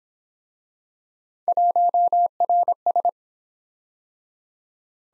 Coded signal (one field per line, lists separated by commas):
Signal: Morse code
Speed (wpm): 26 wpm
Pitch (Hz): 700 Hz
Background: none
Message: 1RS